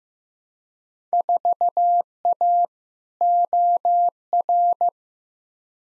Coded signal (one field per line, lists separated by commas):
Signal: Morse code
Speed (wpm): 15 wpm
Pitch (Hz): 700 Hz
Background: none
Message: 4A OR